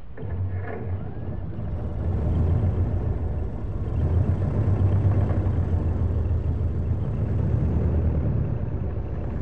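A car engine is restarted, turns over and settles into a steady, low, rumbling run, its drone growing louder after the first couple of seconds and then holding evenly to the end.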